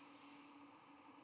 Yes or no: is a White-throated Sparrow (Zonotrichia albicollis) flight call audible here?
no